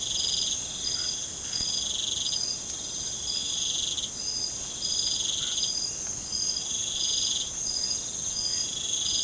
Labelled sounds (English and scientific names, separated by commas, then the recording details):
none
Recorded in pastures near Puerto Asís, Putumayo, Colombia, on 30 June 2025 at 22:30
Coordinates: 0.472, -76.331
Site G095